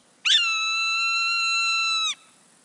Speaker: late summer in Canada, and this Swayson's hawk is about to embark on an astonishing journey.